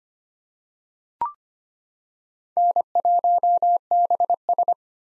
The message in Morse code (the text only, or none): N1BS